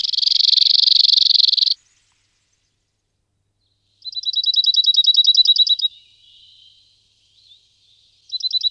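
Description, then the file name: Cirl bunting giving a dry buzzy burst, then a rapid rattling trill of identical high notes lasting about two seconds, another trill starting at the end. "Zigolo nero"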